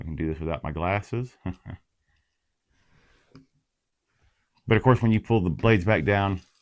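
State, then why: Not seated. Someone talks while handling the plastic rotor blades of a toy vehicle, beginning to pull them back down toward the gun mechanism's lowered position, with a faint brief handling tick around 3.4 s during a pause. The clip ends before the blades are fully down, so nothing has seated or clicked into place yet.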